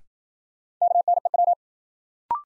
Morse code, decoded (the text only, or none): KNEW